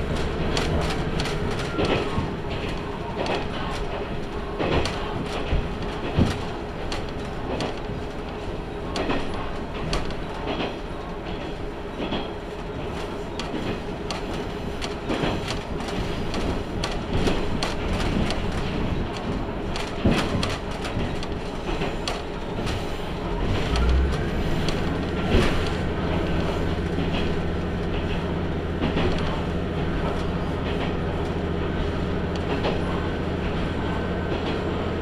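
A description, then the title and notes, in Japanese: Inside a nearly empty local train car, a steady low rumble carries on with frequent sharp clicks and knocks from the wheels and rails. Around twenty-three seconds a deeper engine drone rises and holds to the end. No voices stand out. 天竜浜名湖鉄道 天竜二俣→森町病院前→遠江一宮。天竜二俣でかなり降りて空いた車内。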